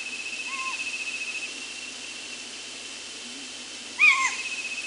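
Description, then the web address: Stygian owl uttering a faint downslurred call, then a louder cat-like one about three and a half seconds later, against continuous insect buzzing. Ecuador. "Birds of Ecuador. Stygian Owl"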